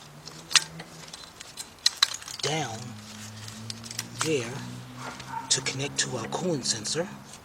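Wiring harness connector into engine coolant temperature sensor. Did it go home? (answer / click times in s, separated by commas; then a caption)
no / none. Someone talks while handling a wiring harness connector that is being routed down to the engine coolant temperature sensor during head gasket reassembly on a Nissan Rogue, Altima or Sentra engine, with brief sharp knocks and rattles around 0.6, 1.9 and 2.0 seconds. The connector has not seated or clicked yet.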